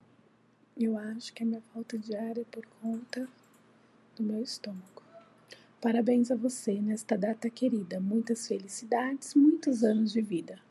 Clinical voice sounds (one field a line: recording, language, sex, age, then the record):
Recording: short text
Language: Brazilian Portuguese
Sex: female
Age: 40 to 49 years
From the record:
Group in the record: control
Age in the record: 44 years